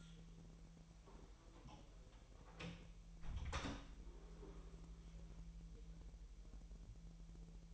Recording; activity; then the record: daily activity, microphone in the room; close door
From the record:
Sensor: 1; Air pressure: 1001.3 hPa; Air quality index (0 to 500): 248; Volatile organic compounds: 132 ppm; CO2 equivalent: 3940 ppm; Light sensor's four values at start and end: 12/29/12/13 and 9/22/9/9